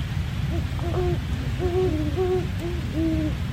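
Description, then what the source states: Great Horned Owl hoots: low, mellow notes in quick rhythmic runs, two owls answering and overlapping, over steady low background noise. Two owls calling to each other for at least an hour, heard from a tent in a state park in southeastern Pennsylvania, USA.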